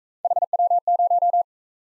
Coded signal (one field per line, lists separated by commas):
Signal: Morse code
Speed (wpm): 40 wpm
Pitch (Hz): 700 Hz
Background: none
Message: HW0